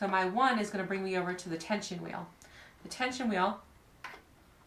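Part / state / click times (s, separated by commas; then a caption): thread into sewing machine bobbin-winding tension wheel / seated / 4.0 s. Thread is guided around the bobbin-winder tension wheel of a sewing machine while someone talks. The thread snaps into the tension disc with a short, sharp click at 4.1 s, seating it in place.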